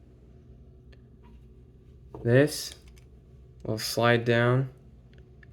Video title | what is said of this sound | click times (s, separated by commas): Lego 31129 alternative build | click into place and all these | 5.4 s